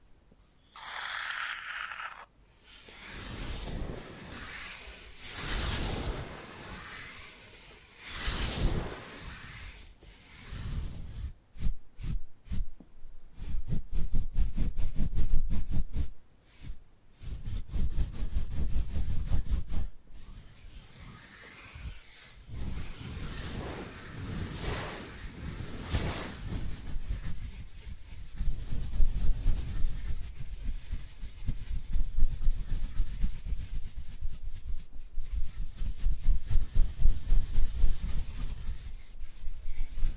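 Bamboo is tapped, scratched and brushed in an uneven, busy stream of dry rustling and scraping. A cluster of rapid sharp taps comes around 11 to 16 seconds, then longer brushing strokes with a steady thin hiss continue to the end.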